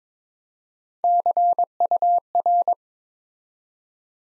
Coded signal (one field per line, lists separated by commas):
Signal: Morse code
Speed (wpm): 22 wpm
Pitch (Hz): 700 Hz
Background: none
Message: CUR